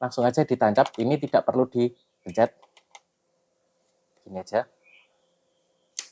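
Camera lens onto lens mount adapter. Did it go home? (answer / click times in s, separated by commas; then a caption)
yes / 6.0 s. Someone talks while a Canon lens is pushed straight into a Commlite EF-E HS Canon EOS-to-Sony mount adapter, without pressing any button, then twisted, with a few faint handling clicks around 2.8 and 3.0 s. At 6.0 s the bayonet lock engages with a sharp click, and the lens is seated and locked on the adapter.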